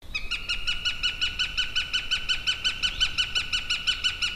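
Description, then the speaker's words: Northern Goshawk cackling: a fast, even series of harsh kek notes, steady throughout. Wild cackling from a spruce forest in late autumn; a goshawk back on its home territory, apparently disputing with a stranger individual; goshawks guard territory year-round. "kuusikosta kuuluu villiä käkätystä, vaikka on loppusyksy. Kanahaukka, tämän metsän todellinen valtias, on tullut käymään kotona. Siellä on jonkunlainen riita käynnissä."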